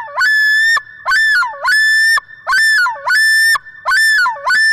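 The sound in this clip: Loon calling in repeated ringing two-part phrases that dip and rise, sustained throughout against a quiet background.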